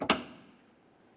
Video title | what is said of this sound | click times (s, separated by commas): How to Replace Trunk Lid Lift Supports 2006-2012 Ford Fusion | listen for a click | 0.1 s